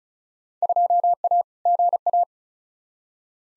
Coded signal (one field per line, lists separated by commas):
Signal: Morse code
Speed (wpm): 36 wpm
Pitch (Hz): 700 Hz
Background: none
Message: 2A GA